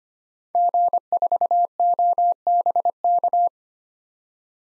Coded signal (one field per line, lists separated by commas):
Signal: Morse code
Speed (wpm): 25 wpm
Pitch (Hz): 700 Hz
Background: none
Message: G4OBK